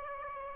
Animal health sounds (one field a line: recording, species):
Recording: mosquito wingbeat signal from an infrared sensor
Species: Aedes aegypti